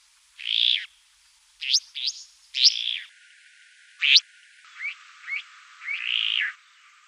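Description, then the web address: Restless flycatcher giving varied harsh, buzzy notes with short upward-flicked chips and a longer rasping note at the end, separated by brief pauses. Canberra garden, Australia. "canberra-garden-birds flycatchers restless-flycatcher"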